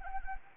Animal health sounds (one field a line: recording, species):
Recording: mosquito wingbeat signal from an infrared sensor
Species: Anopheles arabiensis